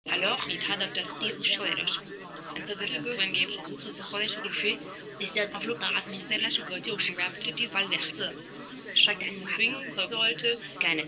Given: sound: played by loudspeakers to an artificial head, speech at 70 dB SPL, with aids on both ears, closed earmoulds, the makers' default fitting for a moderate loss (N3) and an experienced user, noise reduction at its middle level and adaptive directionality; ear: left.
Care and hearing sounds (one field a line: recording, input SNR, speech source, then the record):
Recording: speech test signal (ISTS) in cocktail-party noise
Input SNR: 0 dB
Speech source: in front (0 degrees)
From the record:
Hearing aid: class 1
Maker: C